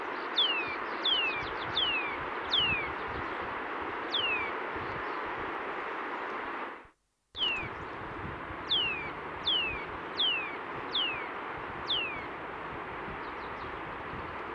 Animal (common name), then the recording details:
Eurasian Nuthatch. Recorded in the wild. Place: Oberstdorf, Bayern, DE. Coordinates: 47.4228, 10.2489. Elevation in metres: 910. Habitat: mountains. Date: 1977-04-02. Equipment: Nagra IV, Sennheiser MKH 405, Parabolreflektor. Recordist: Tretzel, Erwin. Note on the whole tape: Hütte oberhalb Tiefenbach, Oberstdorf 2./3. 4.1977: Rufe